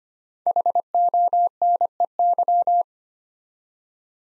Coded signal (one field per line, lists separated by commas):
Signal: Morse code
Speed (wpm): 25 wpm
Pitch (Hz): 700 Hz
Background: none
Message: HONEY